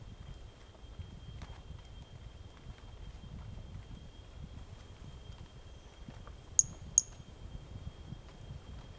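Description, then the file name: Pumpkin toadlet call: a pair of short, sharp, very high chirps about a third of a second apart, with a steady thin high tone and low rumbling noise behind. Individual 05 recorded 18 January 2018; first note of the call missing; animal not collected. "Brachycephalus mirissimus 18 jan 2018 individual 05 ex 01 fist note missing L F Ribeiro not collected"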